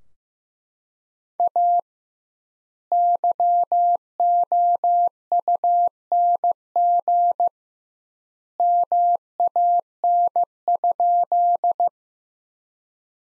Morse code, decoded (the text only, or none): A YOUNG MAN?